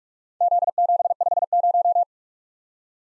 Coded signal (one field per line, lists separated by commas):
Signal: Morse code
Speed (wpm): 44 wpm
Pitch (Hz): 700 Hz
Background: none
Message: Z750